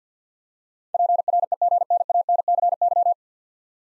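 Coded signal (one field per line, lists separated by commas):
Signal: Morse code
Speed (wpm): 50 wpm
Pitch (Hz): 700 Hz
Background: none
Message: PREGNANCY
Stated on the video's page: Morse practice of nine-letter words at 50 wpm, each sent, spoken, then sent again.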